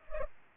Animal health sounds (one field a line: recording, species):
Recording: mosquito wingbeat signal from an infrared sensor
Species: Culex pipiens